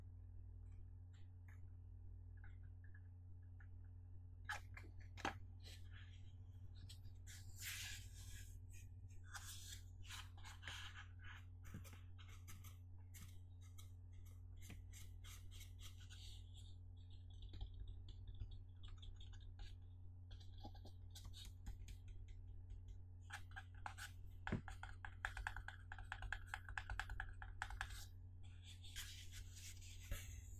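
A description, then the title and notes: Tapping on a box, with sharp, irregular knocks and short scraping rustles scattered through the whole clip, densest around 7–10 seconds and again near 24–30 seconds. A steady low hum and a fainter buzzing tone run underneath throughout. Box Tapping Overdose Mega Relaxing Binaural Sounds. Gusti found some boxes and decided to tap on them for you.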